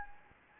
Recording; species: mosquito wingbeat signal from an infrared sensor; Anopheles arabiensis